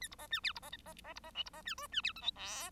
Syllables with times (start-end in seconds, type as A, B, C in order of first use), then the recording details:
0.01-0.08 A, 0.11-0.15 B, 0.18-0.27 C, 0.30-0.40 D, 0.43-0.53 E, 0.55-0.59 B, 0.62-0.70 C, 0.85-0.93 C, 1.04-1.14 C, 1.15-1.20 B, 1.23-1.31 C, 1.34-1.44 F, 1.45-1.50 B, 1.53-1.62 C, 1.65-1.75 D, 1.77-1.87 G, 1.92-2.01 D, 2.03-2.13 E, 2.15-2.21 H, 2.21-2.31 I, 2.35-2.70 J. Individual Bird1